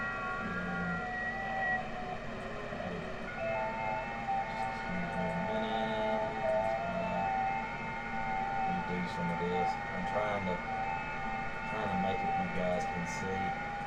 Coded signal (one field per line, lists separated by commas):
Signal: FT8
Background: speech